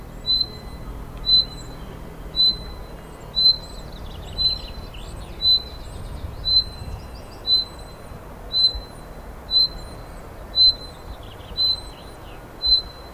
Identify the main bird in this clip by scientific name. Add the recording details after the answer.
Fringilla coelebs. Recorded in the wild. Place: Brand, Alpen, Vorarlberg, AT. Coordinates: 47.0839, 9.70417. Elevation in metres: 1604. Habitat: coniferous forest. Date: 2010-07-20 12:16. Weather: sunny, 20°C, weak winds. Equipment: Sound Devices 702, Sennheiser MKH 70, Rycote Windschutz. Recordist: Frommolt, Karl-Heinz